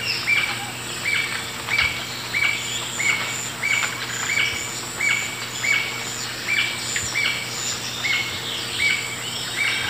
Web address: Natures Songs S America Eastern Lowlands Galbula dea, start and end of song